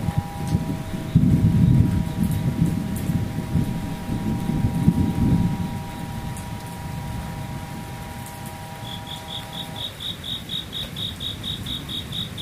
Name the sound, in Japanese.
雨ムシセミ無音